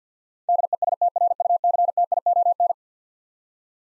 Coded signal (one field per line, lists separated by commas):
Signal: Morse code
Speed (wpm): 50 wpm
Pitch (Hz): 700 Hz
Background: none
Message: DESTRUCTION